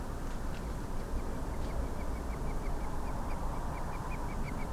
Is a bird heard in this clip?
yes